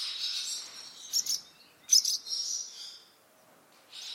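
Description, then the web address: Bird chirps, high clipped notes in two quick bursts over a steady hissy sound, then a pause before another hissy phrase begins. "Bird Only"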